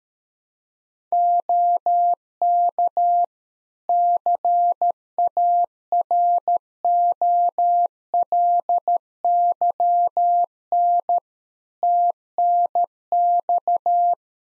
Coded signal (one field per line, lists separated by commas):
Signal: Morse code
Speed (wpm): 13 wpm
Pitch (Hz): 700 Hz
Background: none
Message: OK CAROLYN TNX